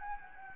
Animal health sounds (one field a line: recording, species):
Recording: mosquito wingbeat signal from an infrared sensor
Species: Anopheles gambiae